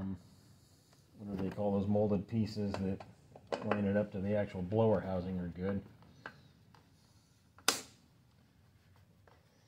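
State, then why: Seated. A rubber bushing (grommet) is pressed into its molded seat in the air filter housing of a Stihl BR500/BR550/BR600/BR700 4Mix backpack blower during refitting. Someone talks, then after a few faint ticks the bushing snaps into place with one sharp pop at 7.7 s, seating it.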